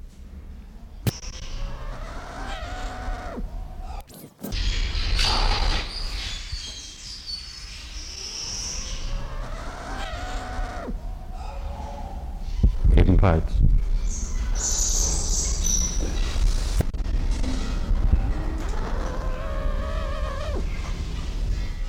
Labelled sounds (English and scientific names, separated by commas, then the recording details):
Guinea Turaco (Tauraco persa)
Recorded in captivity
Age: adult
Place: Zoo Berlin, Berlin, DE
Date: 1993-03-06
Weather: 3-6 °C, heiter bis wolkig
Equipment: Marantz CP 430, Sennheiser ME 80, Kopie Uher Variocord 263
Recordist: Tembrock, Günter